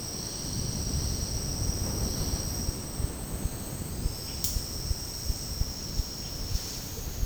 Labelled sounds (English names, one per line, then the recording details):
none
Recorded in secondary vegetation near Puerto Asís, Putumayo, Colombia, on 19 February 2024 at 09:00
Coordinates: 0.489, -76.322
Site G6419